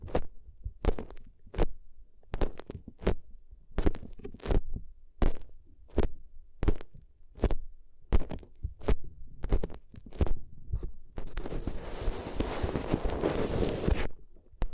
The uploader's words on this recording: ASMR If You Had Paper Ears (No Talking).